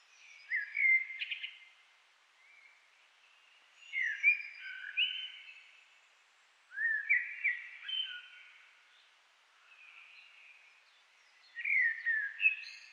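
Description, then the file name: Common blackbird song: a series of rich, fluty warbling phrases separated by pauses of a few seconds with only faint, quiet notes. "Turdus merula"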